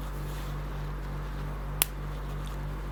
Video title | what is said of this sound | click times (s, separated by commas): Full Wax Carving Tutorial - Estona Metalsmithing & Jewelry Making Tutorials | And when you hear that snap, you know that this is a perfect fit. | 1.8 s